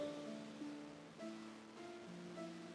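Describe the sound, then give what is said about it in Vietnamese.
A steady, soft hiss of waves washing on a beach, with no distinct breaks, under sustained low musical tones that shift pitch a few times. “Tôi thấy mình đang đứng trước một bãi biển quang du với tiếng sóng vỗ trì trào.”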